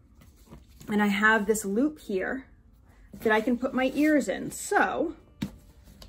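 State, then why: Released. Someone talks while the snap fastener on a ribbon loop is pulled open so ears can be added. A sharp click at 5.4 s marks the snap coming apart, leaving the fastener unsnapped.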